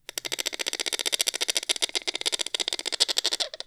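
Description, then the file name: Bird giving a harsh, continuous rattling chatter of rapid pulses, about a dozen per second, sustained for over three seconds before stopping. Exotic bird. "soundscrate-exotic bird sounds"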